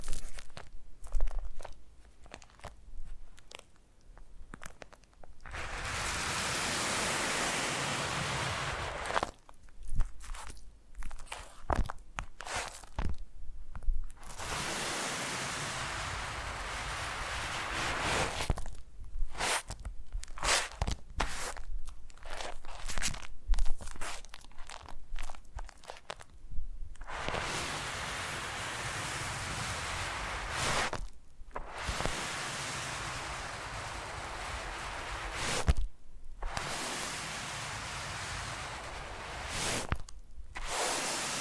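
Foam is squeezed and rubbed in a massage, alternating between long, steady hissing strokes and choppy stretches of short crackling squishes and taps. The sustained rubs come around 5–9 seconds and repeatedly after 27 seconds, with brief silent gaps between bursts.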